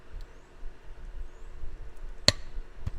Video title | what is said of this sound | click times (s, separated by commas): 1946 Chevy truck 216 engine work part 2 | there it is you hear it click | 2.3 s